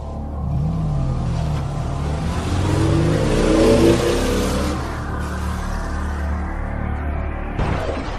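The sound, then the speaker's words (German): A car engine revs up and accelerates away as Sigourney drives off in her car from Mrs. Cartier's house, its rising harmonic whine climbing in pitch over a steady low rumble, then settling before a brief rustle at the end. “So, dann werden wir mal sehen, wo Sigourney hinfährt.”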